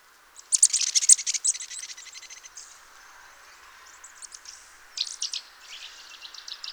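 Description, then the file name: Eurasian nuthatch trill: a loud, rapid run of high chirps that fades out, followed by a pause and then further quick bursts of bright twittering notes. "Sitta europaea"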